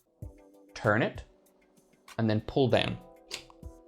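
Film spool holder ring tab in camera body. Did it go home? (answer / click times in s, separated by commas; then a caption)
released / 3.3 s. Someone talks while the ring tab on the film spool holder of a Pentax 67 medium-format camera is opened, turned and pulled down in the camera body. A sharp click at 3.3 s marks the spool holder releasing, and it stays open.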